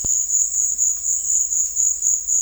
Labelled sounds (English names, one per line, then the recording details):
none
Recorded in secondary vegetation near Puerto Asís, Putumayo, Colombia, on 12 March 2025 at 16:30
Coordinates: 0.499, -76.323
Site G094